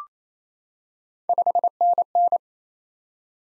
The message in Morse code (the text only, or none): 5NN